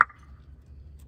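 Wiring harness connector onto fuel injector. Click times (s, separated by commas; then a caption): 0.0 s. A plastic wiring harness electrical connector is pushed onto a fuel injector on a 1998 Mitsubishi Montero Sport during fuel injector replacement. It snaps on with a single sharp, bright click at 0.0 s, followed by a faint ringing tail and low background rumble. The connector is confirmed seated on the injector.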